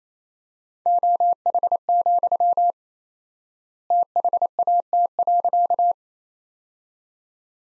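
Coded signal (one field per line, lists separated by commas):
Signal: Morse code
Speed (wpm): 28 wpm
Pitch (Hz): 700 Hz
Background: none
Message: OH, THAT.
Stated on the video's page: Morse practice sentences at 28 wpm with 4x standard word spacing, a word-level analogue of Farnsworth spacing.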